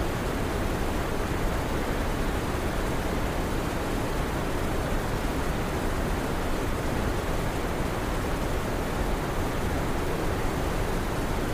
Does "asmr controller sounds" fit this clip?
no